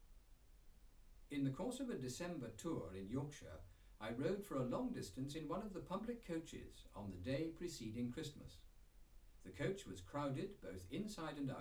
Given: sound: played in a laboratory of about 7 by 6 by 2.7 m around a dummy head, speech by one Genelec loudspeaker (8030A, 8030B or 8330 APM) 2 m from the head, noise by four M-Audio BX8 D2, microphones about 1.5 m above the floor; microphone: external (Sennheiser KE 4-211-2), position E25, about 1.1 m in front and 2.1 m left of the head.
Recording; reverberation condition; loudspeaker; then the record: male speech in English; low; 30 degrees to the right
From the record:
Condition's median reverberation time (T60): about 310 ms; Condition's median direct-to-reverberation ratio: about 3.5 dB